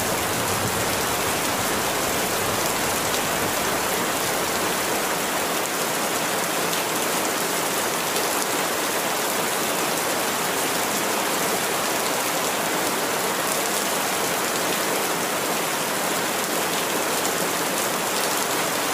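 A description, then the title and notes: A rain storm pours down steadily, a dense, even hiss of rainfall filling the whole clip without pause. The sound is bright and close, with countless drops blending into one constant wash, and faint individual drop taps flicker through now and then. Rain Storm.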